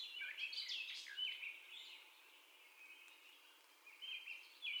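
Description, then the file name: Gray catbird song, a few scratchy and squealing phrases early, then a softer stretch before brief squeaky notes return near the end. First song, recorded 30 May 2021. "2021-05-30 Catbird First Song"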